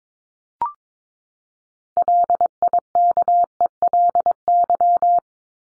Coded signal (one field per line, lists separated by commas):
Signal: Morse code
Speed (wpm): 22 wpm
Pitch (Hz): 700 Hz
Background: none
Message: LIKELY